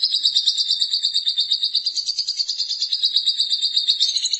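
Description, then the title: Lovebird chattering song, dense, shrill, rapid pulses pouring out continuously with a fast, regular throb. "BM Suara Burung Lovebird"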